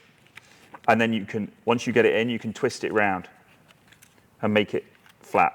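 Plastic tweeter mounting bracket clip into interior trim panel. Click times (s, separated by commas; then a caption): 0.4 s. A plastic tweeter mounting bracket is pushed down into the interior trim panel of a Tesla Model 3, its two clips engaging the lower clips with a sharp click at 0.4 s as it seats home. Someone then talks, with a few faint ticks between 3.7 and 4.0 s.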